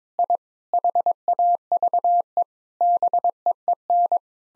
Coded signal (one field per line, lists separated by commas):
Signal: Morse code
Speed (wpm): 22 wpm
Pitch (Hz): 700 Hz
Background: none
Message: I HAVE BEEN